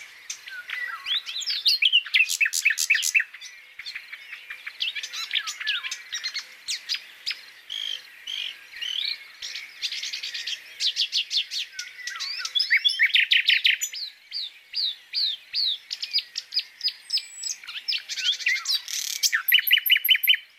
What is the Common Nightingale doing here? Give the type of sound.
song